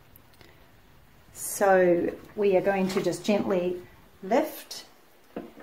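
Someone talks while the jug of a 2021 ThermoCook Pro M 2.0 is lined up over its motor base so the pins underneath match the pins in the unit, ready to be lowered and clicked in. Faint brief ticks occur around 0.2, 0.4 and 5.4 seconds, but nothing has seated or clicked yet.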